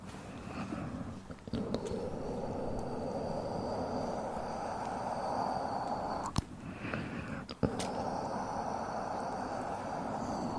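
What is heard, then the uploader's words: Ear massage as a steady, dense rubbing and rustling that stays low and full throughout. Sharp clicks break through near 1.5, 6.4 and 7.6 seconds, and a thin high whistle-like tone hangs faintly above the rubbing for much of the clip. Intense Ear Massage & Mouth Sounds.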